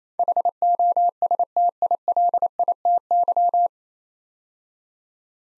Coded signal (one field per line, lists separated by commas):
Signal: Morse code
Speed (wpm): 28 wpm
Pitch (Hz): 700 Hz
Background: none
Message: HOSTILITY